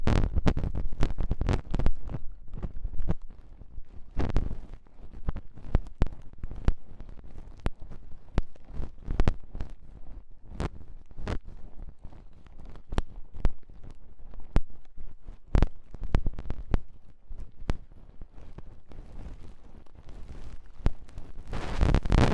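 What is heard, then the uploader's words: Scratchy ear cleaning: dense crackling, picking and tapping, with sharp clicks scattered irregularly throughout. Bursts of rubbing and scraping come every second or so, with a soft low thump under the louder moments and little background noise. ASMR Tingly Ear Cleaning Rhinestone & Clay Removal (No Talking).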